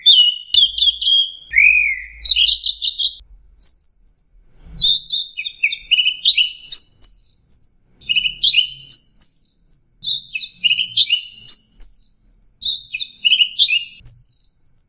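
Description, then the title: Bird singing a continuous run of high chirps, downslurred whistles and twittering notes in rapid varied phrases, almost without pause, with faint low rumbles at times. "SuaraBurung Kicau"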